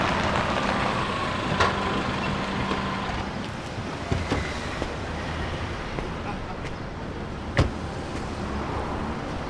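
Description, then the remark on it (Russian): In a city on a sunny day, a car idles and rolls to a stop with a steady low engine rumble, then two sharp clunks of a door opening as a young man in jeans, a T-shirt and a vest gets out, with a faint murmur of talk underneath. “Подъезжает машина, из которой выходит парень в джинсах, футболке и жилетке.”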